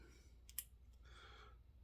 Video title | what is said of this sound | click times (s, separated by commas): Quick Welding Update and Starting to Wire the Chicken!!! | so that's not the real click you want this click here | 0.5 s, 0.6 s